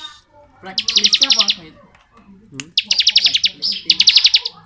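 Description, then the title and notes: Bar-winged prinia trilling in fast, high, rhythmic bursts, with softer lower warbling notes audible between and beneath the trills. Ngebren-style song, used as training audio for tutoring oriental magpie-robins. "Ciblek Ngebren Untuk Masteran Murai Batu. Suara burung ciblek - Suara Nada"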